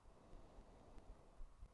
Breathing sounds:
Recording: one breath near a microphone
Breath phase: inhalation

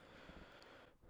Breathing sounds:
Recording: one breath near a microphone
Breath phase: inhalation

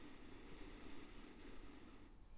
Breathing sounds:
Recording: one breath near a microphone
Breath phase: inhalation

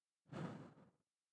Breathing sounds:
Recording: one breath near a microphone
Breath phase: exhalation

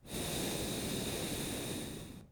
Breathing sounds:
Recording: one breath near a microphone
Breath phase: exhalation

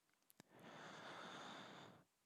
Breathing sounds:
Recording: one breath near a microphone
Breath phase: inhalation

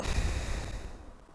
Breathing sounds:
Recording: one breath near a microphone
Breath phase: exhalation

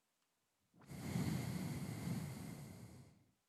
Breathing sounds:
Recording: one breath near a microphone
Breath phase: exhalation

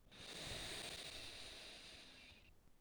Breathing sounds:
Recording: one breath near a microphone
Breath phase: inhalation

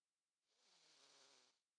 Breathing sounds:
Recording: one breath near a microphone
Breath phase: inhalation

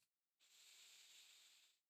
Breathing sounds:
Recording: one breath near a microphone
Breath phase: inhalation

